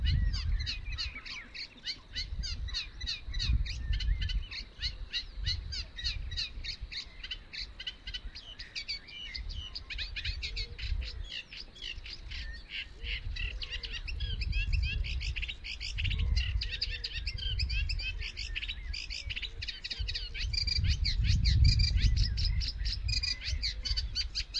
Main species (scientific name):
Acrocephalus scirpaceus